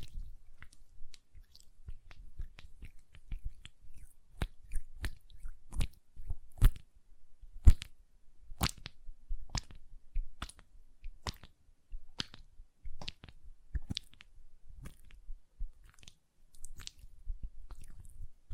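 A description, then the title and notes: Hand sounds with lotion: wet squishing and rubbing broken by sharp clicks and taps every half second or so, uneven and fairly dense throughout. Hand Sounds, Nail Tapping and Lotion Sounds.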